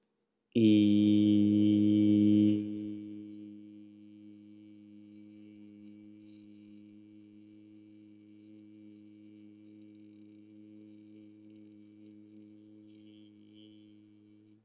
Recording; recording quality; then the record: sustained vowel as in beet; excellent, no background noise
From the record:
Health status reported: healthy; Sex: male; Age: 31 years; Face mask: not worn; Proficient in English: yes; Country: United States